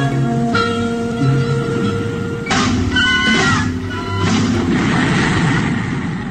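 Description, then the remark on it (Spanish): Loud, continuous storm thunder rumbles around a castle throughout, with two heavy cracking surges partway through. A tonal, wailing sound rides over the roar, and no one speaks. “Hay un silencio sepulcral entre todos y se escucha claramente el estruendo de la tormenta que se abate alrededor del castillo.”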